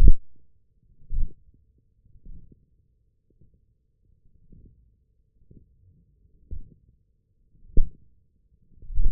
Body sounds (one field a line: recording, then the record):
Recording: forearm muscle sounds (acoustic myography)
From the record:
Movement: wrist extension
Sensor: system 1, eight BSWA MPA416 microphones around the upper forearm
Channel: 5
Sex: male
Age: 21 years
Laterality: right